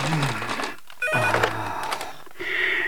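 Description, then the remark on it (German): A shrill telephone rings loudly in the morning in insistent, buzzing bursts, pausing briefly before starting again, with no voices present. “Dass es das Telefon war, merkte er erst, als sein Wecker beim Versuch, ihn zum Schweigen zu bringen, zu Bruch gegangen war.”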